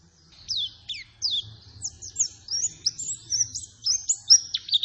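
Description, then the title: White-eye song, softer here, made of quick high downslurred and upslurred whistles in a continuous run, with a faint low hum underneath. Persistent 'gacor' lure song meant to make any white-eye respond and answer. "Pleci Gacor. Apapun plecinya AKAN LANGSUNG MERESPON dan NYAUT dengan pancingan pleci ngotot ini"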